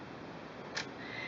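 A snap-on presser foot B is unclipped and removed from a sewing machine presser foot shank so that presser foot A can go on. Against a steady low background, a single short, bright click is heard at 0.8 s as the foot releases. The foot comes off the shank.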